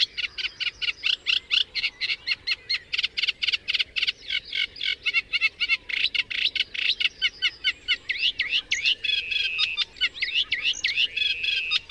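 Bird song: continuous, fast chattering chirps for the whole stretch, later turning into repeated slurred whistles and trills.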